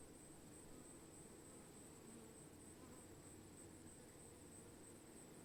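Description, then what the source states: Swarming bees give a continuous thick droning hum, low and even from start to finish, with a thin high hiss running steadily above. Bees recorded while swarming.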